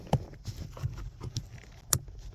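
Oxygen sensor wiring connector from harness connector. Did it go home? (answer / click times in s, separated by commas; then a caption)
released / 1.9 s. On a Honda Accord, the tab on the old oxygen sensor's plastic wiring connector is squeezed and the connector is pulled apart from the harness connector. A few soft taps and handling knocks are followed by a sharp, bright click at 1.9 s as the connector releases.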